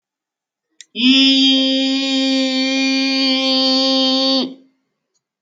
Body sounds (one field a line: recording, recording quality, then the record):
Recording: sustained vowel as in beet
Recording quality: excellent, no background noise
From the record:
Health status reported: COVID-19 positive, moderate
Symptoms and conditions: cold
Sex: female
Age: 50 years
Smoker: not ticked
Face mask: not worn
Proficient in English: yes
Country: France